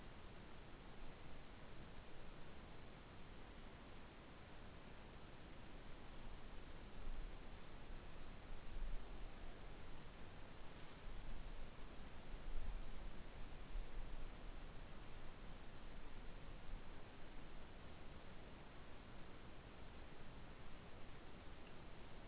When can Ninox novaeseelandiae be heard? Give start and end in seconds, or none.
none